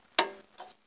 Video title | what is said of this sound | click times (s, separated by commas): Primer Bulb Collapsing Solution | heard that snap and we'll snap this side in okay | 0.2 s